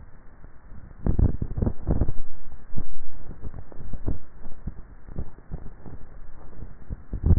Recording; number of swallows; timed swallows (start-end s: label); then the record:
swallowing sounds by neck microphone; 1
3.32-3.98 s: swallow
From the record:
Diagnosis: dysphagia